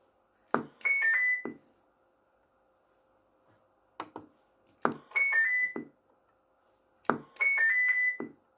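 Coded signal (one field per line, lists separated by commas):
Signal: roger beep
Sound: three times: key click, quick stepped beeps around 2 kHz, then release click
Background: faint hum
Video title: Custom 6 digit Galaxy Pluto - Roger beep checkout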